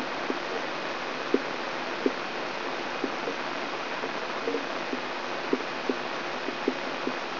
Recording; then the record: brain microelectrode recording played as sound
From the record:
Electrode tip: inside the subthalamic nucleus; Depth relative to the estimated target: 2 mm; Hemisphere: right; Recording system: AlphaMap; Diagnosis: Parkinson's disease